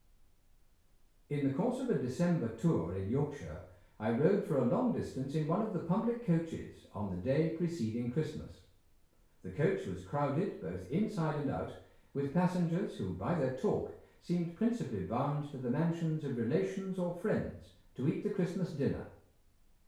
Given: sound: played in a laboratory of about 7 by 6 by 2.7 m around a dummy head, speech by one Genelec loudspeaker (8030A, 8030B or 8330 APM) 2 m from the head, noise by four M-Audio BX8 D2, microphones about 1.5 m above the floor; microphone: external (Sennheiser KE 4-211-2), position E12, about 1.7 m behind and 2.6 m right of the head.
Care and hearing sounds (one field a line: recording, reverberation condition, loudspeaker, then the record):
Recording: male speech in English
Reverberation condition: medium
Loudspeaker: 120 degrees to the right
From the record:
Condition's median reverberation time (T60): about 510 ms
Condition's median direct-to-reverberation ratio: about -0.5 dB